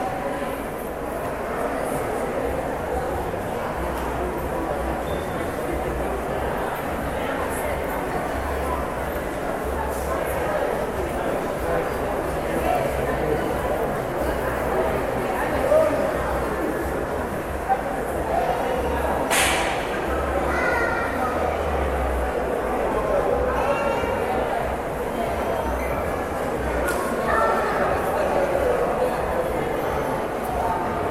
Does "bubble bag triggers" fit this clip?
no